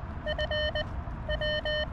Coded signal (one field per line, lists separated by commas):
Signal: Morse code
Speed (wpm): 17 wpm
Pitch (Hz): 600 Hz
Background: none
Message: FW